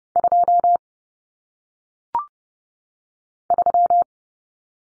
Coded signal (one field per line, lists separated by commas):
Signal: Morse code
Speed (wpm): 30 wpm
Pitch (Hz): 700 Hz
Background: none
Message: 2 3